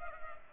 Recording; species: mosquito wingbeat signal from an infrared sensor; Culex pipiens